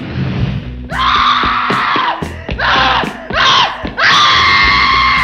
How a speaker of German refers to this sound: Und man konnte sie über den ganzen Kilometer der Siedlung schreien hören.